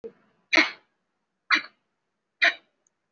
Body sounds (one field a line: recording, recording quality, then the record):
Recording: heavy voluntary cough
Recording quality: excellent, no background noise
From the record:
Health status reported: recovered from COVID-19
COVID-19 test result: positive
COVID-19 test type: RT-PCR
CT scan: taken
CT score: 0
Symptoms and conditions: breathing difficulty, asthma, another respiratory illness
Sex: female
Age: 65 years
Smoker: no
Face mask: worn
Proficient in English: no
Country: India